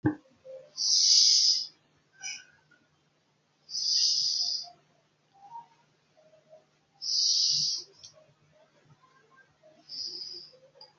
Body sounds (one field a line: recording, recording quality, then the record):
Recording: shallow breathing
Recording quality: excellent, no background noise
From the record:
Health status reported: healthy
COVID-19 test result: not tested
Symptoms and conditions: none ticked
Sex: male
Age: 21 years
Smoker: not ticked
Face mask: not worn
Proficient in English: no